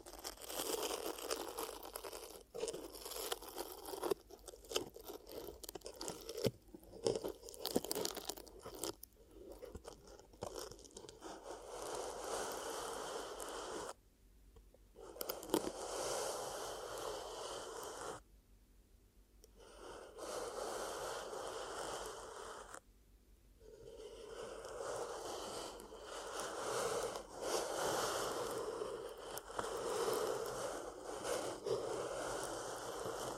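Ear cupping sounds: hands press and rub over the ears in crunchy, scraping bursts, dense and irregular through the first half. Brief silent gaps fall near 14, 18 and 23 seconds, after which the cupping turns into smoother, sustained muffled swells.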